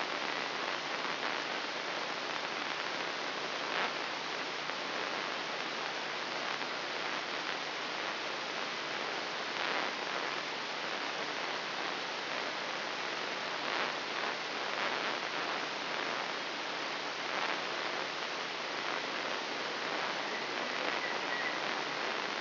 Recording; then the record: brain microelectrode recording played as sound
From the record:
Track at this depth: inside the subthalamic nucleus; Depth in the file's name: 2.709 mm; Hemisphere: left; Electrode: 3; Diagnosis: Parkinson's disease